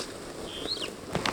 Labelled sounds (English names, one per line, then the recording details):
Superb Starling flight call
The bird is a female
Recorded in Kenya on 9 June 2010
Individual 58, of group MRC1